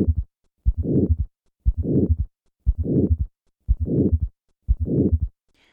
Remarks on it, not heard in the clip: Aortic stenosis with both a third and a fourth heart sound. I will begin with the fourth heart sound, and then add the third heart sound, and finally the murmur.